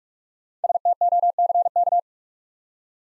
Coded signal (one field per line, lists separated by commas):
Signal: Morse code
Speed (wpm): 45 wpm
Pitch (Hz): 700 Hz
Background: none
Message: STOCK